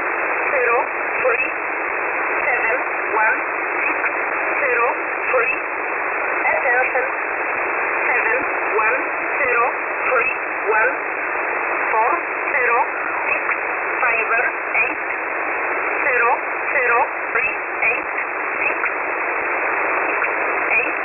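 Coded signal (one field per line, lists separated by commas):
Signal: numbers station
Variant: E11 Oblique, English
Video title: 21 05 2021 Number station E11 Oblique in English to Eu 0827 on 4909 unknown tx site in USB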